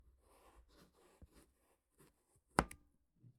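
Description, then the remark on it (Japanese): A kitchen knife freshly sharpened on a whetstone slices through a pumpkin with soft, gritty scraping strokes, then lands on the cutting board with one sharp, loud knock, followed by a couple of fainter taps. “すごい、切れ味が全然違います。”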